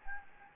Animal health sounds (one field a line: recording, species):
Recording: mosquito wingbeat signal from an infrared sensor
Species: Anopheles gambiae